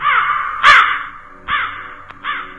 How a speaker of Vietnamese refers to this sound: Tự nhiên có con chim to lắm, đen xì xì, từ đâu bay vụt lên, kêu lên đến quát một cái.